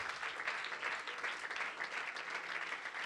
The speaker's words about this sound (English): Oh, clap your hands unto the Lord in this place.